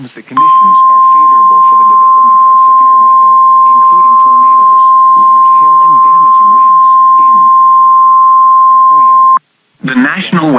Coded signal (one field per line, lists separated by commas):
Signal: Emergency Alert System (SAME) tones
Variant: 1050 Hz attention tone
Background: speech